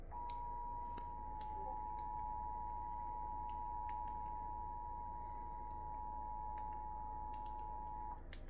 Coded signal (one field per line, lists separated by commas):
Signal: Emergency Alert System (SAME) tones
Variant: 853 and 960 Hz attention tone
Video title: Eas svr on npt Eas#768